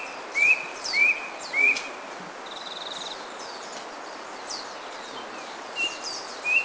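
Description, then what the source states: Brush cuckoo whistles: three quick rising notes early, then two more later, over steady ambient hiss with a faint insect-like buzz. Recorded on Kitanglad, Philippines, in 2010.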